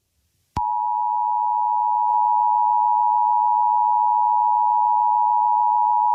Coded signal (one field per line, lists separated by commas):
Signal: Emergency Alert System (SAME) tones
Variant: 853 and 960 Hz attention tone